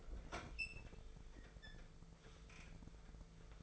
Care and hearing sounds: daily activity, microphone in the room; open fridge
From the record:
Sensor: 5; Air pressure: 1015.0 hPa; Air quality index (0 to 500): 180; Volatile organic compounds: 7 ppm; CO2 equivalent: 1974 ppm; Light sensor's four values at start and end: 48/112/46/49 and 52/122/50/53

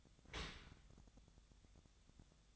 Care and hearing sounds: daily activity, microphone in the room; open dishwasher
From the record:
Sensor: 3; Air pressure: 1004.6 hPa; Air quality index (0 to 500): 106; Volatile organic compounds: 4 ppm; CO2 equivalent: 1666 ppm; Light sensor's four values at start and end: 7/17/7/6 and 7/17/7/6

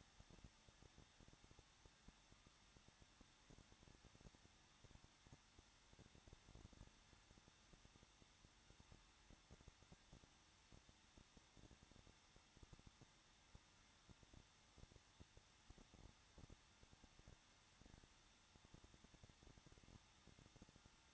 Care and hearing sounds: daily activity, microphone in the room; no activity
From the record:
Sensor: 3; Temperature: 21.2 degrees Celsius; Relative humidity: 36.3%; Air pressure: 1006.3 hPa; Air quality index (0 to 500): 222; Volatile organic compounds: 42 ppm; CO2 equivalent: 3175 ppm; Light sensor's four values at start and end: 2/3/2/2 and 2/3/2/2

